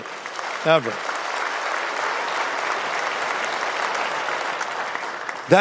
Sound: applause